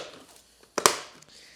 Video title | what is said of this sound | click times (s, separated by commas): How to remove BMW Side view Mirror Plastic Cover Trim BMW E90 E92 E93 | got onto the position so if you hear that clicking | 0.8 s, 0.9 s